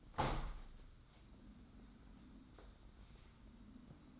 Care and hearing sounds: daily activity, microphone in the room; open window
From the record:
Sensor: 3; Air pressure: 994.3 hPa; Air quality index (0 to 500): 207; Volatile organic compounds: 1000 ppm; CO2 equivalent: 6941 ppm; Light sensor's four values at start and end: 114/272/111/105 and 122/289/119/114

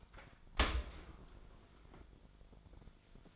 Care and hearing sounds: daily activity, microphone in the room; open dishwasher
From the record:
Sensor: 5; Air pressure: 1003.2 hPa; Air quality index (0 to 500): 130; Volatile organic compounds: 1 ppm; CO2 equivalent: 951 ppm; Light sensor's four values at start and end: 92/222/94/107 and 89/215/91/104

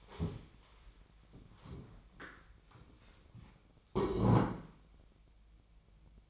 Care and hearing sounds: daily activity, microphone in the room; stand up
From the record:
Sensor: 1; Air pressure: 1000.5 hPa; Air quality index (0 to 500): 176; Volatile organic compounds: 4 ppm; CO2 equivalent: 1625 ppm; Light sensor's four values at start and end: 13/31/13/15 and 13/31/13/15

